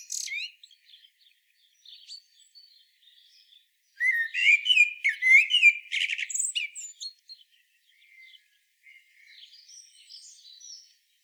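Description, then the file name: Common blackbird song: faint high squeaks, then one loud fluty warbling phrase with twittering flourishes, followed by softer, thin, high notes fading out. "Turdus merula"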